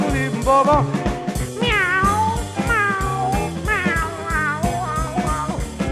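Drawn-out cat meows slide up and down in pitch, several in a row, sung over a loud, steady musical backing with a thumping bass rhythm.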